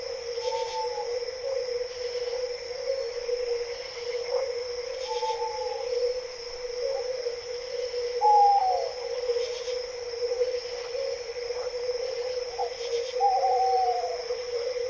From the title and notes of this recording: Frogs sounds "Forest Sounds at Night", owls, crickets. Chorus of frogs, birds and crickets.